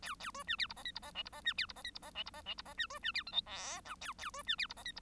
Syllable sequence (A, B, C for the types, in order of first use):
A A B C D E F G E F H E F C D E F G E F H E F H E F C B C D I J K L A A B C D E F G E